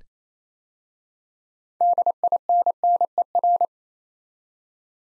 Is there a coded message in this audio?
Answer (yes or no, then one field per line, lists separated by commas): yes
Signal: Morse code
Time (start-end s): 1.8-3.7 s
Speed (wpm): 29 wpm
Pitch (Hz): 700 Hz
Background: none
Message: DINNER